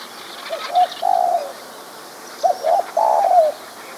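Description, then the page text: Spotted dove cooing song, two phrases of short soft notes followed by a longer drawn-out coo. "Spotted Dove Song Sound Effect. Quick Sounds"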